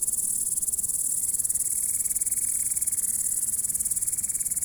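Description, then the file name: Grasshopper stridulation, a steady high-pitched shimmering buzz pulsing rapidly, with a faint wavering tone in the background. "zvuki kuznechika"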